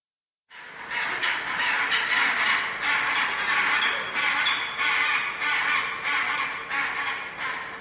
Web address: bird penguin large penguin colony indoor ambience